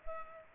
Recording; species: mosquito wingbeat signal from an infrared sensor; Culex pipiens